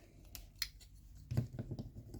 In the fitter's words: Snap that down.